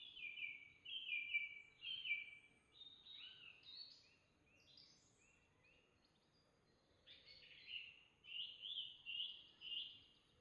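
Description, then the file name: Common blackbird song: mellow, fluting warbled phrases given in short runs with pauses between, over a soft outdoor background hum. Recorded among bluebells. "bluebells and blackbird"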